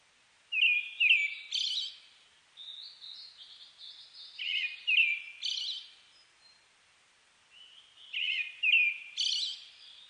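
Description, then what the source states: Brown-headed thrush song: phrases of two or three mellow, slurred whistled notes, each ending in a higher husky note, given three times with softer notes between. Recorded 29 May 2004.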